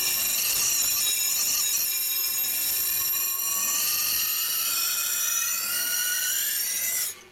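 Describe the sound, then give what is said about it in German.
A Damascus-steel dagger blade being sharpened on a grindstone by an executioner: a steady, continuous high-pitched grinding rasp with ringing metallic overtones, holding at an even loudness for about seven seconds before cutting off. “Schleift mir diesen Dolch umsonst.”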